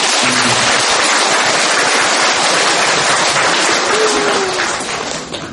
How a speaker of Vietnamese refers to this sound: Xin hãy cũng dùng một tràng pháo tay thật lớn.